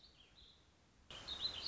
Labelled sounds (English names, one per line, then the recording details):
Warbling Vireo
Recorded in Sonoma County, California